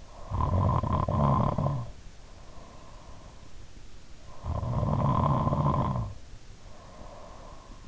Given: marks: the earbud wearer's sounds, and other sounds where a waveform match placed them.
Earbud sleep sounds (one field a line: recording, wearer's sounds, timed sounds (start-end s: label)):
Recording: sounds in sleep by an in-ear microphone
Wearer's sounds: snoring breath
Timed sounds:
0.12-3.28 s: snoring breath
4.11-7.88 s: snoring breath